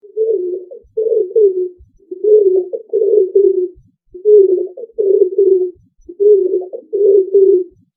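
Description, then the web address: Bird giving low, soft cooing phrases in paired bursts, repeated steadily with short silent gaps between. "animals birds"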